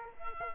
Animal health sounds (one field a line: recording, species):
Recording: mosquito wingbeat signal from an infrared sensor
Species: Culex quinquefasciatus